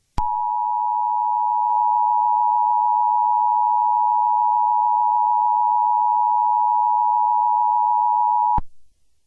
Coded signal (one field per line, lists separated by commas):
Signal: Emergency Alert System (SAME) tones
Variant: 853 and 960 Hz attention tone